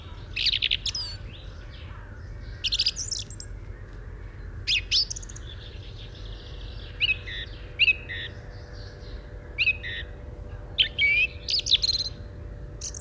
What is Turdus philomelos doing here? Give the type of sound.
song